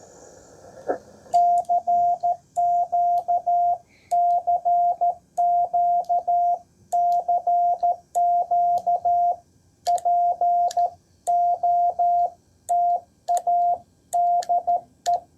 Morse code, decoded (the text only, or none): CQ CQ CQ POTA DE